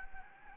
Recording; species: mosquito wingbeat signal from an infrared sensor; Anopheles gambiae